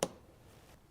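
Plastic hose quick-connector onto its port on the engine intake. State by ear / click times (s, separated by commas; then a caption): seated / 0.0 s. A plastic hose quick-connect fitting is pushed onto its port on the engine intake while the intake is being reinstalled on a Chevy Traverse. One short, sharp snap is heard at 0.0 s, followed by faint low background noise. The connector is seated.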